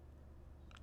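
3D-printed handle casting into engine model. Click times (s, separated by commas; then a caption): 0.8 s. A plastic handle casting for a 3D-printed engine model is pushed onto the assembly and snaps home. A steady low hum runs under the clip until a short, sharp click rings out at 0.8 s, confirming the casting has seated.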